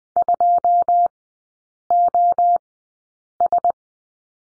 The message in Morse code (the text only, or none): 2 O S